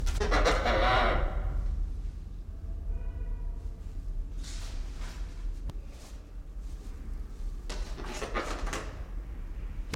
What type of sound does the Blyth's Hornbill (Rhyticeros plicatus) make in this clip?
trumpet call